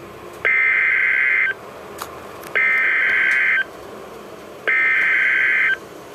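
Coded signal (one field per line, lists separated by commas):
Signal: Emergency Alert System (SAME) tones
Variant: header bursts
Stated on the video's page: Special Marine Warning received from NOAA Weather Radio station in NYC, issued by NWS Mt. Holly, NJ.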